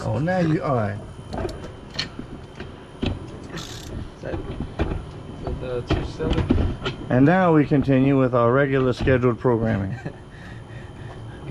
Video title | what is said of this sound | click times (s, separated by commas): Leaking A//C Repair and Recharge | now click it till it torqus or Torque it till it clicks click click click click click | 2.0 s